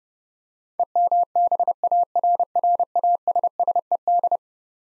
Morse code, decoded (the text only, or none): EMBARRASSED